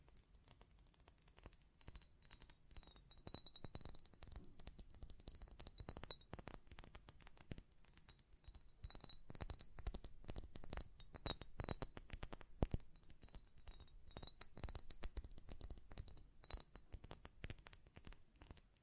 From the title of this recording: Glass Perfume Bottle Tapping & Lid Sounds